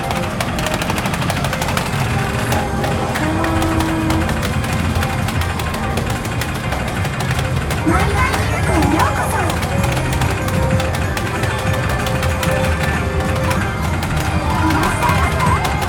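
Steady, dense hubbub in an underground shopping street beneath a Taipei train station: overlapping voices, frequent footsteps and clatter, and a low hum throughout.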